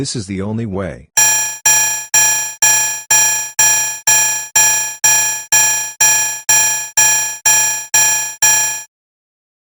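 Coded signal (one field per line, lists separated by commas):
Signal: none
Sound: alert chime sound effects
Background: speech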